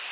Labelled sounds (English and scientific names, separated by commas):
Chestnut-sided Warbler (Setophaga pensylvanica) flight call